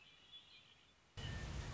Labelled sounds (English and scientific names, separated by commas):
Red-winged Blackbird (Agelaius phoeniceus)